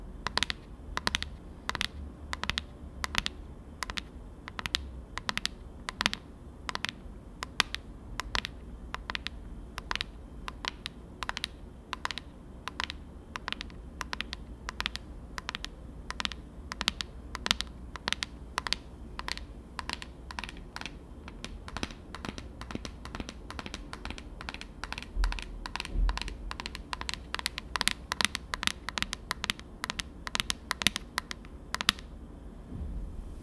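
Tapping on dark things: quick, sharp clicks repeat steadily for the whole span, about two per second, over a low rumbling hum.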